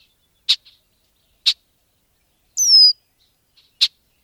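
Red-winged blackbird calls: sharp, dry check notes spaced a second or more apart, with one thin, high, descending whistle in between.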